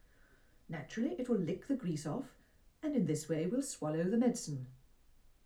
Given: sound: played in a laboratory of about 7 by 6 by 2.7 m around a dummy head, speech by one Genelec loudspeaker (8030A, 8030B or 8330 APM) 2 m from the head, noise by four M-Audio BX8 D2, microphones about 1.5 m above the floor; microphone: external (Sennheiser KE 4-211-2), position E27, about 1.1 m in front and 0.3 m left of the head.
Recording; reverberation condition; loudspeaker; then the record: female speech in English; low; 90 degrees to the right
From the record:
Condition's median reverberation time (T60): about 310 ms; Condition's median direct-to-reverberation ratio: about 3.5 dB